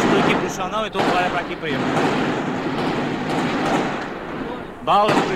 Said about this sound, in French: On entend toujours des coups de feu. On ne sait pas exactement ce qui se passe.